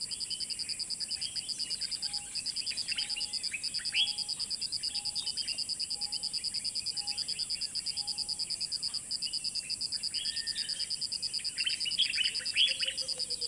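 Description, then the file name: Birds chorusing with overlapping chirps and whistles, a faint low note repeated steadily, a rapid high insect pulse and a constant hiss beneath. Dawn chorus recorded in savannah habitat in Sierra Leone. "Dawn Chorus in the Savannah Sierra Leone"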